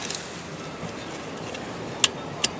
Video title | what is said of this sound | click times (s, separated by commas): Labor Day On Waikiki Beach - Kalakaua Ave. | it locks into place super cool | 2.0 s